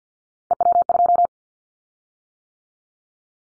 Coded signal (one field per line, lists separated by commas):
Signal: Morse code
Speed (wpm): 48 wpm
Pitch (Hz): 700 Hz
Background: none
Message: EW2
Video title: Callsign Prefixes for Top 100 DXCC 50wpm